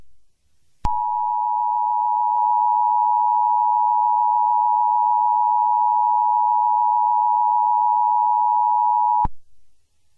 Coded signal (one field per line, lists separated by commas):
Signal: Emergency Alert System (SAME) tones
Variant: 853 and 960 Hz attention tone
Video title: ALL OF MY EAS SCENARIOS COMPILATION FROM 2022!!!